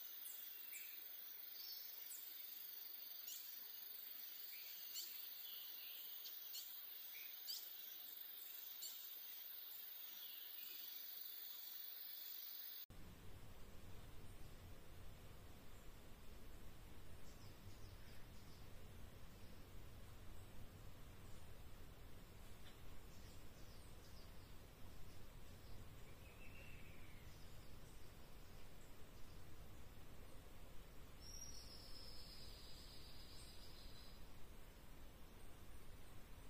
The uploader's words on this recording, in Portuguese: Mata Atlântica-Floresta Tropical-Atlantic Forest-Tropical Forest. FLORESTAS TROPICAIS DE ALTURA (NUBLADAS).